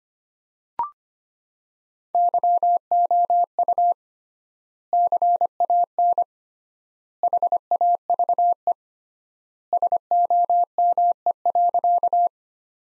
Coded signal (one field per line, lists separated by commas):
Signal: Morse code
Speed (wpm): 25 wpm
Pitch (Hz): 700 Hz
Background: none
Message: YOU CAN HAVE SOME.